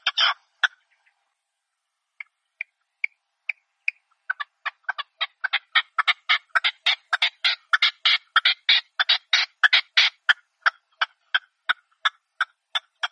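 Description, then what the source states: Red-legged partridge calling: soft isolated notes after an opening burst, then building into a fast, insistent series of harsh, rasping chuckles. Partridge call used as a hunting lure (reclamo).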